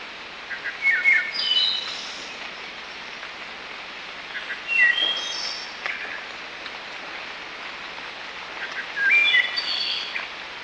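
Bird giving short whistled and chirping bursts about every four seconds, separated by stretches of steady hiss.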